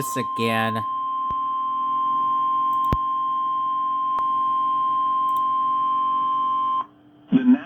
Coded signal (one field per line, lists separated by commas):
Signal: Emergency Alert System (SAME) tones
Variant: 1050 Hz attention tone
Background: speech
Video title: EAS #22 Severe Thunderstorm Warning on KIH27 in Tulsa OK. (04/15/2022)